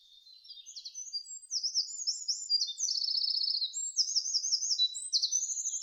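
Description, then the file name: Eurasian wren song, a loud, fast and continuous outpouring of high trills and buzzy rattles, with rapid repeated notes running together throughout. Recorded 5 June 2005. "050605 misosazai"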